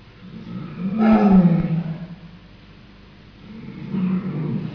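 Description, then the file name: Polar bear vocalisation: a low, rough growling roar about one second long, followed after a pause by a second, softer low growl. "Ursus maritimus"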